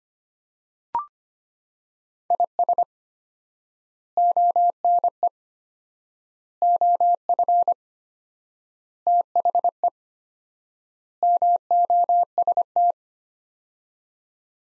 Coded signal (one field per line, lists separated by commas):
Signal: Morse code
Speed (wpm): 25 wpm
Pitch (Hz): 700 Hz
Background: none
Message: IS ONE OF THE MOST